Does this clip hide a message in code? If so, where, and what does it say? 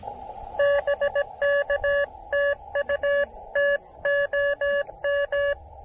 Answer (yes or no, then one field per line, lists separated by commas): yes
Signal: Morse code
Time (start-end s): 0.6-5.5 s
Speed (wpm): 20 wpm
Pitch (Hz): 590 Hz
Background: none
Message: BK TU TOM